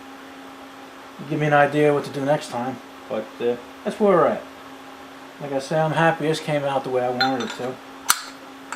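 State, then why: Seated. A fitted part is pressed into the glass cylinder head assembly of a homemade glass-head Briggs small engine while someone talks. After the talking, a sharp click at 8.1 s marks the part snapping into position as a tight fit, followed by a fainter tick near the end.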